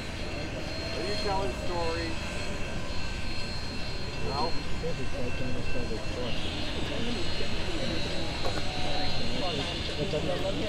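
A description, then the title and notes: Union Pacific 844 and the Big Boy at Pacific, Missouri: a dense, steady low roar fills the clip while people talk over it. A thin high whine holds throughout, and from about six seconds a bright hiss swells and stays to the end. 844 Big Boy, Pacific, MO. A stereo field recording from October 2016 in Pacific, Missouri. 844 approaching, sitting and then leaving, was made at the intersection of First Street and the train tracks.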